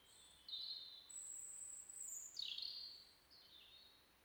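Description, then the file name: European robin song: a single phrase of very high, thin notes, including a long, sustained high note and notes sliding downward. "Erithacus rubecula"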